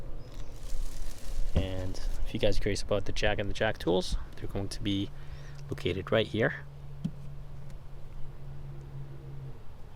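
Someone talks while handling the cargo floor panel over the spare tire well of a 2021 Honda Civic EX Hatchback, where the jack and jack tools are stored. A few brief handling knocks sound under the speech, followed by a low steady hum. The panel is handled but has not locked in place yet; nothing has seated or clicked.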